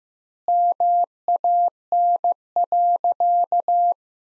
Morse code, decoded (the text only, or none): MAN.